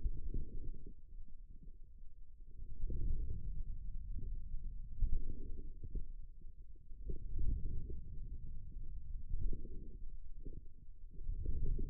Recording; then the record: forearm muscle sounds (acoustic myography)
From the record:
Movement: ulnar deviation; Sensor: system 2, bracelet of six BSWA MPA416 microphones around the upper forearm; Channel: 4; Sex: male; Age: 22 years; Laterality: right